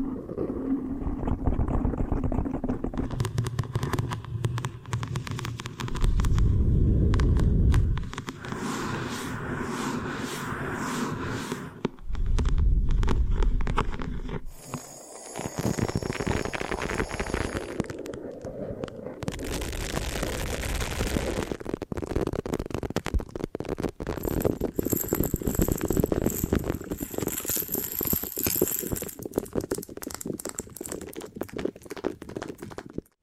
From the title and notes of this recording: ASMR Hypnotic Hair Washing, Brushing and Massage with Layered Sounds (No Talking).